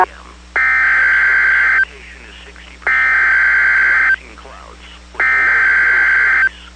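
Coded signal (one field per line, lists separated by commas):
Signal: Emergency Alert System (SAME) tones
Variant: header bursts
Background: speech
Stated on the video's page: EAS alert from a weather radio station.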